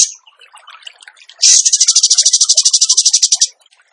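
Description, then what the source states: Bird song: a brief buzzy note, faint chirps, then a loud two-second trill of rapid, evenly pulsed notes. Masteran training recording of a gacor bird singing in tembakan style.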